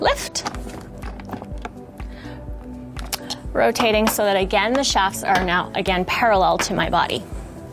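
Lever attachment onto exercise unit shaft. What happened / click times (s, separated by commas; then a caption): The unit is lifted and rotated; no attachment has seated yet / none. Someone talks over background music while a FEPSim exercise unit is lifted and rotated so its shafts sit parallel to the body, ahead of a lever attachment being slid onto the unit's shaft. Several short knocks and thunks sound between about 1.2 and 3.3 seconds. The lever attachment has not yet clicked onto the shaft.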